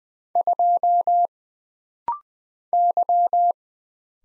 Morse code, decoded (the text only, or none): 2 Y